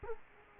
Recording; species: mosquito wingbeat signal from an infrared sensor; Culex quinquefasciatus